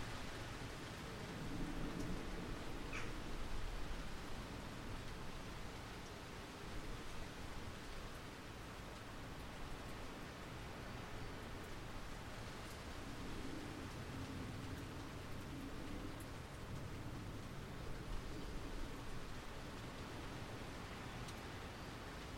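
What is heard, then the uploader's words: Steady wind rustles through trees, a dense even hiss with low rumbling, while faint muffled household sounds drift from a nearby building. Wind in the Orchard. It's the evening and we’ve come out to sit on the bench in the Orchard. The wind is rustling through the trees and we can hear the muted sounds from the farmhouse nearby; people milling about in the kitchen, getting dinner ready, tidying up from the day.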